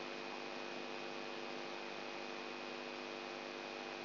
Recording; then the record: brain microelectrode recording played as sound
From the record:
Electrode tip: outside the subthalamic nucleus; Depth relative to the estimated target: -8 mm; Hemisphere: right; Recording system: AlphaMap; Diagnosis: Parkinson's disease